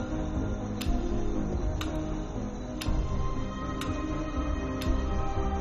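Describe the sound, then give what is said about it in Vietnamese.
A clock ticks steadily once per second at night in a hospital room, five sharp, bright clicks evenly spaced over a low, constant background hum with no one speaking. “Âm thanh của đồng hồ đang nhảy từng giây một.”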